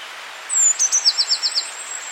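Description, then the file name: Eurasian blue tit song: a brief high sliding whistle and ticks followed by a short trill of five notes. "Cyanistes caeruleus"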